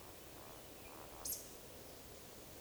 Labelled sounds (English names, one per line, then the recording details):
Eurasian Woodcock whistle
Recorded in Baden-Württemberg, Germany, on 11 June 2020 at 19:42 UTC
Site 41501, 195 m above sea level